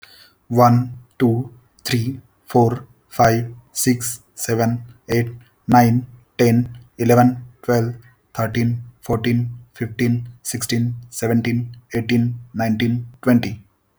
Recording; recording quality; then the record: counting at a normal pace; excellent, no background noise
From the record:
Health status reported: healthy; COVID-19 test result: negative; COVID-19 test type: RT-PCR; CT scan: not taken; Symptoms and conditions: none ticked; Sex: male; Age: 33 years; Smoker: no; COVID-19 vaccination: one dose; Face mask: not worn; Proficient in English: yes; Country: India